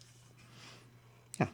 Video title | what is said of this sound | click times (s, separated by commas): Unboxing Takom's Leopard C2 MEXAS | and they didn't quite snap in place a minute ago but maybe they will now yeah | 1.3 s, 1.4 s